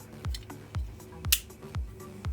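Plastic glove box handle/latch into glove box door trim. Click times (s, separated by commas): 1.3 s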